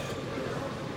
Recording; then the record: coughing mixed with background sound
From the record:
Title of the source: Mid-morning Winter Coughing Fit